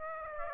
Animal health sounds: mosquito wingbeat signal from an infrared sensor; Aedes aegypti

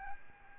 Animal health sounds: mosquito wingbeat signal from an infrared sensor; Aedes albopictus

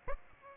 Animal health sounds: mosquito wingbeat signal from an infrared sensor; Aedes aegypti

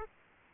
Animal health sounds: mosquito wingbeat signal from an infrared sensor; Aedes aegypti

